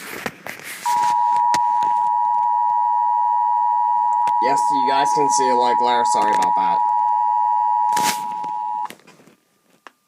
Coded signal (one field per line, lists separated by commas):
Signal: Emergency Alert System (SAME) tones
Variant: 853 and 960 Hz attention tone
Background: speech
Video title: EAS 645 HIGH WIND WARNING FOR CO